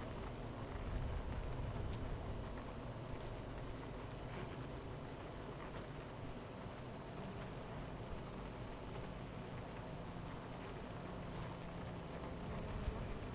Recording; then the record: honeybee colony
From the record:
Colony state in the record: missing queen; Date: 14 July 2017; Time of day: 10:19